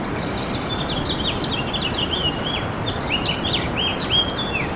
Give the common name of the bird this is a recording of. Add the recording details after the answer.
House Finch. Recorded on Long Island, New York, on 21 April 2011. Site SR. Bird E